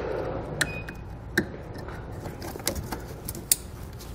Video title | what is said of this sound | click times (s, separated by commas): Setting up the T-One Vehicle Wiring Harness with 7-Way Trailer Connector on your 2019 Ford Explorer | you want to push them in to hear it click into place and | 3.5 s